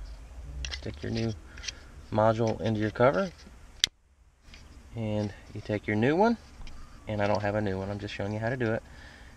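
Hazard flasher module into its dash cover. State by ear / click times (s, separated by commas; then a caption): not seated / none. Someone talks while handling the hazard flasher module for a 2001 Pontiac Bonneville, showing how it slides into its plastic dash cover. A brief sharp tick is heard around 3.8 s amid light handling sounds. Nothing has seated or clicked yet.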